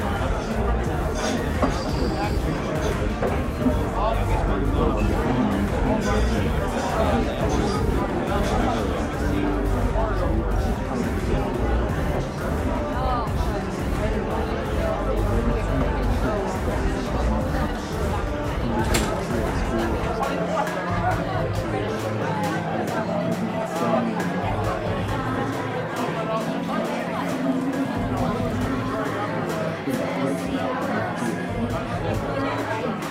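Murmuring bar sounds: a steady, dense babble of many overlapping voices with no single talker standing out. Short bright clinks, like glasses or cutlery, pop through often. A low rumble underneath fades after about twenty seconds, while the chatter carries on.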